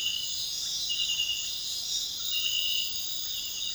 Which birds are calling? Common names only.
none